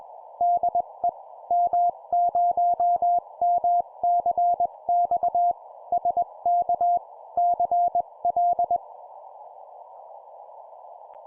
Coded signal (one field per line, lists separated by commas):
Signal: Morse code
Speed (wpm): 21 wpm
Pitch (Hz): 700 Hz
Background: none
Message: DE M0MCX SK CL